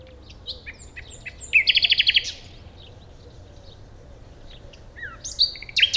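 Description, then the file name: Common nightingale song: scattered high chips and short whistles, then a fast run of about seven loud, rattling notes, a pause, and another burst of sharp notes. "Luscinia megarhynchos"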